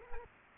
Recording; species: mosquito wingbeat signal from an infrared sensor; Culex quinquefasciatus